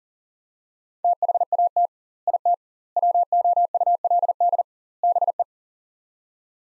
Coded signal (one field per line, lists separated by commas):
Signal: Morse code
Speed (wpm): 40 wpm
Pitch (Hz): 700 Hz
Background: none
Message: THAT IT WOULD BE